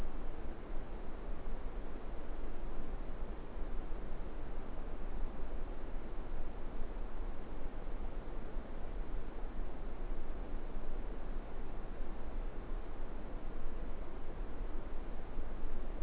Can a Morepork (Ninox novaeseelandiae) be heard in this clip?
no